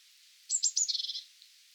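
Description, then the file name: Eurasian blue tit calling: two or three thin high notes followed by a quick buzzy trill, all very high-pitched. "Cyanistes caeruleus"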